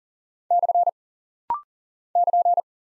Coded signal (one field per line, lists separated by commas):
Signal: Morse code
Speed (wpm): 39 wpm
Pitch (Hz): 700 Hz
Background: none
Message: / <KN>